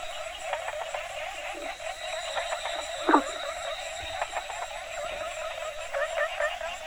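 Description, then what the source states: Frog chorus with a continuous buzzing drone and scattered short croaks, one sharp louder call standing out near the middle. Several frog species calling together in Asia, a soundscape.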